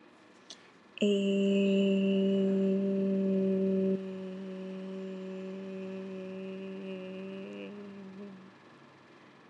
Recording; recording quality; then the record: sustained vowel as in made; moderate, slight background noise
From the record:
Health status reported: healthy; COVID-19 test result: negative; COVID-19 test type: RT-PCR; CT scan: not taken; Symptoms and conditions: none ticked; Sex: female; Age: 21 years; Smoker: no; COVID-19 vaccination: one dose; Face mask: not worn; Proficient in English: yes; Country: India